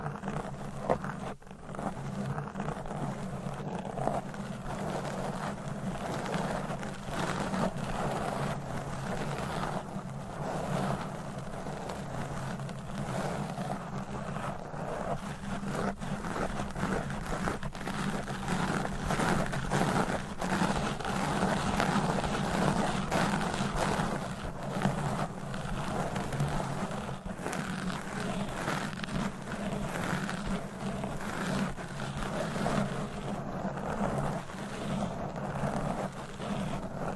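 Fingernails scratch across a microphone in a dense, continuous rasp that runs the whole time without pause. The strokes come fast and close together, with a steady low rumble underneath and a bright crackle on top. The loudness stays fairly even throughout.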